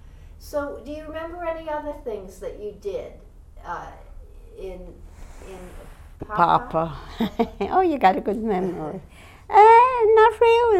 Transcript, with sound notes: So, do you remember any other things that you did, uh, in, in Papa?
Papa. ( she laughs ) Oh, you got a good memory. Eh, not really.